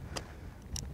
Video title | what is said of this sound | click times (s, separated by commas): Photography Tips - How To Use an ND Filter | and click into place there we go | 0.8 s